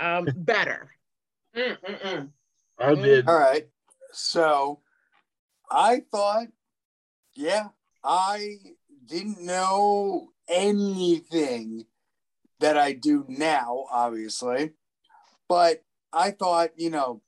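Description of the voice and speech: Halting conversational speech from an adult man, broken into short phrases, with long pauses filling almost half the time, drawn-out fillers and stretched sounds. The words stay clear, but the slow, effortful flow is mild aphasia after a stroke or brain injury at age 27, in a survivor still working to recover his talking.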